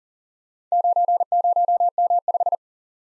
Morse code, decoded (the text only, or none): 90M5